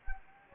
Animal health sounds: mosquito wingbeat signal from an infrared sensor; Anopheles gambiae

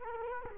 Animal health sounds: mosquito wingbeat signal from an infrared sensor; Culex quinquefasciatus

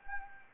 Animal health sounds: mosquito wingbeat signal from an infrared sensor; Anopheles gambiae

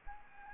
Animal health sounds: mosquito wingbeat signal from an infrared sensor; Anopheles gambiae

